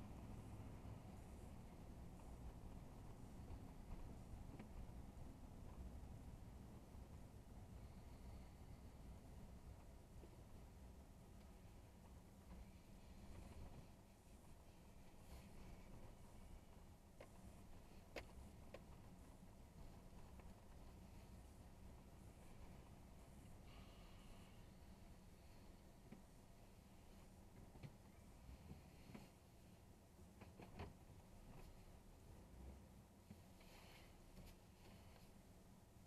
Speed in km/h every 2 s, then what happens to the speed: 32, 32, 27, 23, 15, 6, 5, 3, 3, 5, 6, 6, 5, 2, 0, 0, 0, 0.
2-13 slows to 3. 13-25 steady at about 5. 25-36 standing.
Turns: none.